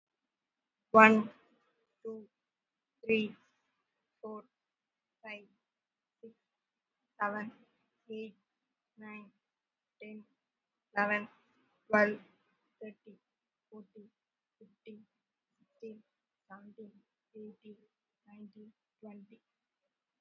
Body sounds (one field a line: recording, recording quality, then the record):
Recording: counting at a normal pace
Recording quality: moderate, slight background noise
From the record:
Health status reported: COVID-19 positive, mild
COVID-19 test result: positive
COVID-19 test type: RT-PCR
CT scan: not taken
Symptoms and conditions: cough, fatigue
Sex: female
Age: 22 years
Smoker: no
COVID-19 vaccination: one dose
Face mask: worn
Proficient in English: yes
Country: India